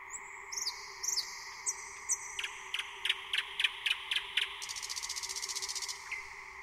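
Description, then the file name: Thrush nightingale song: whistled notes, then a rapid series of hard clicks building into a fast dry rattle, all over a steady hum. "SLOWIK SZARY"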